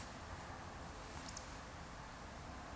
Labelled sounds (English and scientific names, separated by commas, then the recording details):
Eurasian Woodcock (Scolopax rusticola) whistle
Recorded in Baden-Württemberg, Germany, on 8 June 2020 at 19:59 UTC
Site 44842, 218 m above sea level